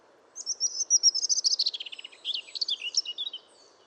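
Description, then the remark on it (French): A European robin sings a rapid, high-pitched warbling phrase of thin trills and twittering notes, varied and tumbling over about three seconds, with a soft low hiss underneath. “Si vous ne le saviez pas, c'est le taux de testostérone dans le sang qui, dit grossièrement, déclenche le chant d'un oiseau.”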